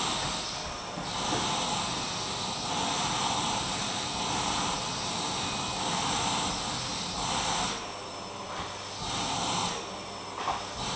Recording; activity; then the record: daily activity, microphone in the room; vacuum cleaning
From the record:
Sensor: 1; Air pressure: 1010.2 hPa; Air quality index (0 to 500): 173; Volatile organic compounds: 13 ppm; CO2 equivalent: 2381 ppm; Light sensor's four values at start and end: 51/131/54/68 and 52/135/55/70